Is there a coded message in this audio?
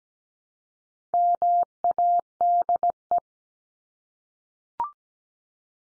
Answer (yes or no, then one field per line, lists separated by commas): yes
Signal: Morse code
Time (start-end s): 1.1-3.2 s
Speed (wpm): 17 wpm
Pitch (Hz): 700 Hz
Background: none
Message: MADE